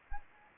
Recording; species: mosquito wingbeat signal from an infrared sensor; Anopheles arabiensis